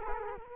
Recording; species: mosquito wingbeat signal from an infrared sensor; Culex quinquefasciatus